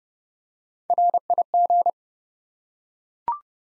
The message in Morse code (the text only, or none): RIG